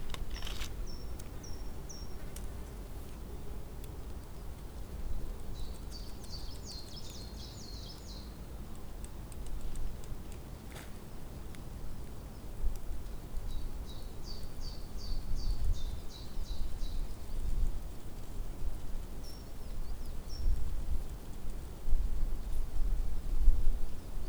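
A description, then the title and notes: A spring day in Tivoli Park, Ljubljana: a steady low rumble and hum beneath short, bright bird trills that recur every few seconds. Spring Day Atop Tivoli. Recorded in Tivoli Park, in Ljubljana, Slovenia.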